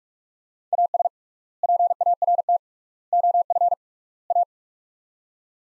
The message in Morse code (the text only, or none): AS PART OF A